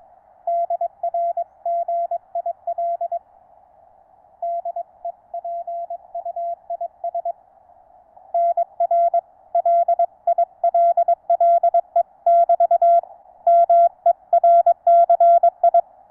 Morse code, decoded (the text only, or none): DR GIL DEPUIS NR LILLE <BT> MERCI